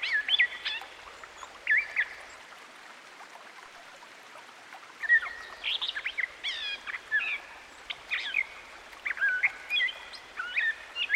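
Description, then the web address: Gray catbird giving a few squeaky whistled phrases, then a pause of about three seconds, then a busier stretch of mixed chattering and slurred notes, soft hiss behind. Songbird by a stream. "Dan Gibson Songbirds By The Stream. Gray Catbird"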